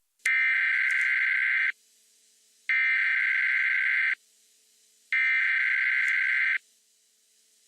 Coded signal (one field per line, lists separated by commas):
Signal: Emergency Alert System (SAME) tones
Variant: header bursts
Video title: Riot EAS Scenario on Radio Pt 2